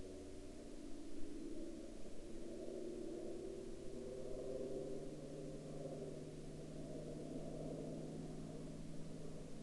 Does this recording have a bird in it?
no